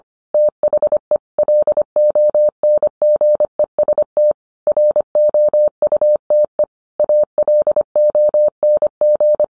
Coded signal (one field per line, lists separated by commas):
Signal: Morse code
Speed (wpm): 25 wpm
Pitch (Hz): 600 Hz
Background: none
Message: THE LONGEST ROUTE ALONG